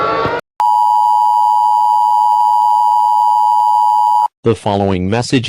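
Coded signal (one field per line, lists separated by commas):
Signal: Emergency Alert System (SAME) tones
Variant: 853 and 960 Hz attention tone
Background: speech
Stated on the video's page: Simulated alert scenario made for entertainment and pranks.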